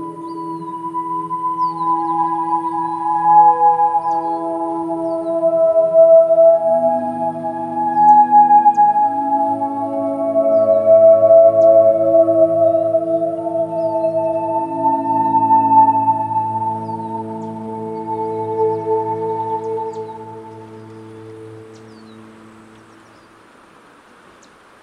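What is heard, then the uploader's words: Outdoors at a lake state park in southeastern Arizona, long ringing tones like singing bowls or chimes overlap into slowly shifting chords over a low, steady hum, with new notes entering every few seconds. Near twenty seconds the sound fades away, leaving faint background hiss. Today’s soundwalk was made on April 22 2022, at Patagonia Lake State Park in SE Arizona.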